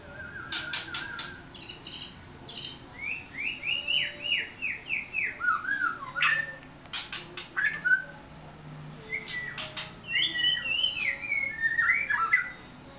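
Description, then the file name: White-rumped shama song: sharp clicks, a series of down-slurred whistles repeated in quick succession, then varied twisting whistled phrases after a short pause. Vietnam. "shama vietnam omkicau"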